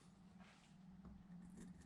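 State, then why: Not seated. Two metal valve keepers are placed in the center of a valve spring compressor installation tool, which is then centered over the valve spring retainer on a cylinder head. Light jangling metal sounds are heard over a steady low hum. Nothing has snapped or clicked into place yet.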